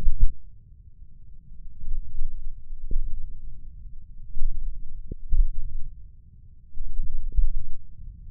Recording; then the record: forearm muscle sounds (acoustic myography)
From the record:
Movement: wrist extension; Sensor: system 1, eight BSWA MPA416 microphones around the upper forearm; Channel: 8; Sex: male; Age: 20 years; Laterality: left